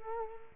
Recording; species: mosquito wingbeat signal from an infrared sensor; Culex quinquefasciatus